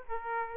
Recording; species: mosquito wingbeat signal from an infrared sensor; Aedes aegypti